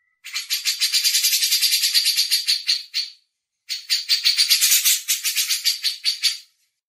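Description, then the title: Grey-cheeked bulbul giving harsh, rapid rattling chatter in two long bursts of buzzy pulses, separated by a brief pause. Masteran training recording. "MASTERAN CUCAK JENGGOT"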